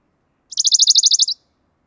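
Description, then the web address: Western Bonelli's warbler song: a crisp, fast trill of about ten high repeated notes, evenly paced and clear against near silence. "chant fernand deroussen pouillot de bonelli"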